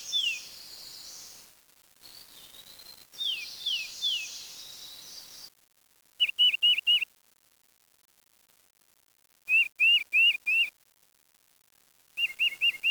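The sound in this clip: Bird song: a short stretch of descending whistles over steady hiss, then repeated bursts of four or five quick, high whistled notes separated by silences.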